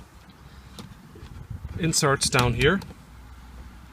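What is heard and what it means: A plastic key fob for a MINI John Cooper Works GP is handled at its ignition slot on the dashboard; nothing has seated or clicked into place yet. A brief faint tap is heard at 0.8 s over a low steady background hum, and someone talks from about 1.8 to 2.8 s.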